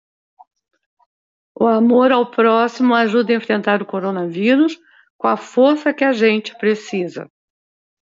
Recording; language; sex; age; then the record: spoken sentence; Brazilian Portuguese; female; 70 to 79 years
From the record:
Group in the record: control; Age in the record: 73 years